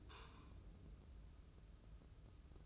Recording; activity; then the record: daily activity, microphone in the room; take from stove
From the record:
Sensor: 2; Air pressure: 995.3 hPa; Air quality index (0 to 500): 77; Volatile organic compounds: 3 ppm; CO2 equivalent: 1373 ppm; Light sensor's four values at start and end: 22/72/28/27 and 22/72/28/27